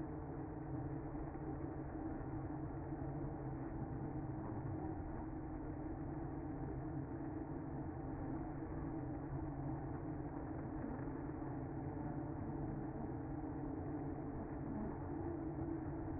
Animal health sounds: honeybee colony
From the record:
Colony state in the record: active

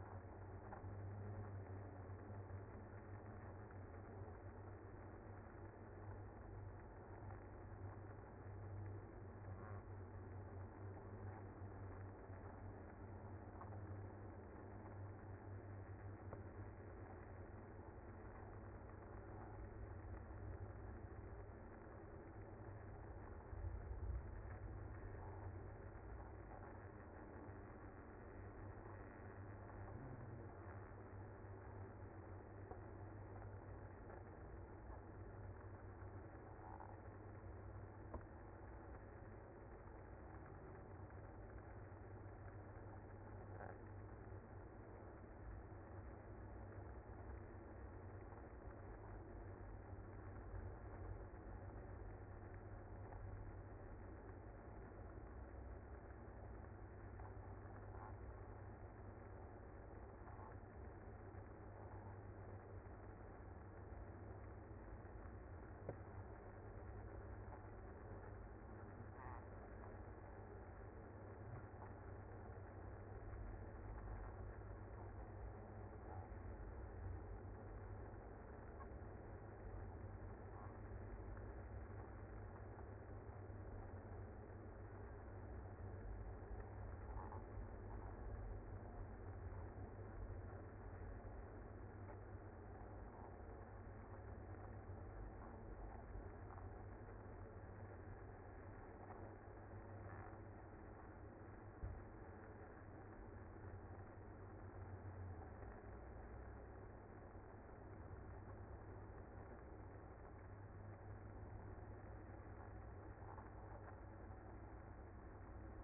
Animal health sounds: honeybee colony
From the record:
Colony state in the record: active

